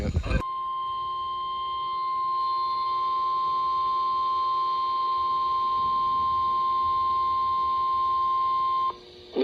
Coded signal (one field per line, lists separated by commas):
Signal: Emergency Alert System (SAME) tones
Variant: 1050 Hz attention tone